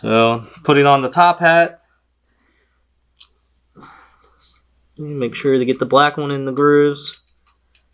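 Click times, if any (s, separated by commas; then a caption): none. Someone talks while fitting the black Tial wastegate spring top hat into the grooves of the wastegate actuator on a 2015 WRX, wiggling it into place. Between the talking, faint handling sounds come through: a short tick near 3.2 s and soft scraping from about 3.8 to 4.5 s. Nothing has seated or clicked yet.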